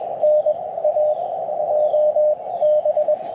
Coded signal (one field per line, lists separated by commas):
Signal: Morse code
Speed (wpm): 20 wpm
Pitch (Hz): 600 Hz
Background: none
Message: NA OB